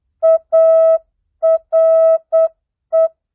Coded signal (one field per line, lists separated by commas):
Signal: Morse code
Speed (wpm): 8 wpm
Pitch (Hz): 650 Hz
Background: music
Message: ARE